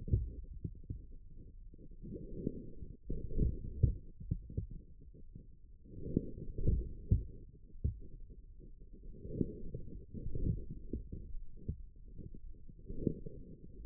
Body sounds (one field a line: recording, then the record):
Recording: forearm muscle sounds (acoustic myography)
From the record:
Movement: forearm pronation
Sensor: system 1, eight BSWA MPA416 microphones around the upper forearm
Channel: 7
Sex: male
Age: 41 years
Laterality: right